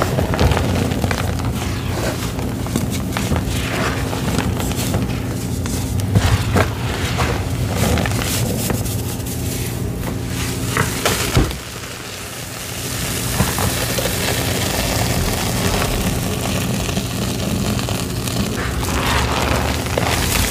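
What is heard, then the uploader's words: Sponges soaked with soapy suds are squeezed, giving wet, crackling squelches and fizzing bursts that come in quick, irregular waves. A steady low hum runs underneath. Around the twelve-second mark the sound briefly drops quieter before the squishing resumes. Sudsy Baking Soda Sponge Squeezing w/ Pine & Bon Ami! ASMR squeezing sponges with pine, baking soda, and dish soap suds.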